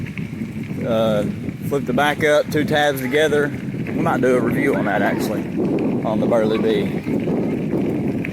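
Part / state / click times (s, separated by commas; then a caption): wheel into stroller axle mount / seated / 0.2 s. A wheel's center hub is pushed onto the axle of a folding stroller, and the wheel slides right in and locks in place with a sharp click at 0.2 s. Someone talks for the rest of the clip over a steady background of wind-like noise.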